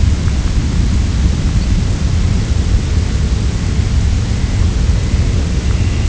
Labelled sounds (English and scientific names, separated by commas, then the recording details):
Dunlin (Calidris alpina), Red Phalarope (Phalaropus fulicarius)
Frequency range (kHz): Red Phalarope (Phalaropus fulicarius) 4.1-5.0 kHz
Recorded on Arctic tundra, site UTQI-0, on 11 June 2019
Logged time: 08:00